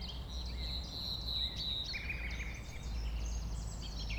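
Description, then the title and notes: Common nightingale singing a long sustained whistle, then a series of lower repeated piping notes, other birds twittering around it over a constant low hum. A nightingale settled with a few others on the banks of a stream forming a pond 1500 m from the A20, recorded around 8 am on Sunday 12 April. "Un Rossignol Envers Et Contre Tout. un rossignol venu avec quelques autres s'installer sur les rives d'un ruisseau formant un étang à 1500 mètres de l'A 20. Ces moments ont été enregistrés vers 8h le dimanche 12 avril"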